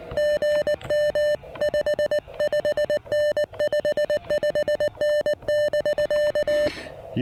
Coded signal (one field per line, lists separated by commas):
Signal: Morse code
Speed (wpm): 19 wpm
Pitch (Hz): 600 Hz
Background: music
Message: GM 55N 55N <BK>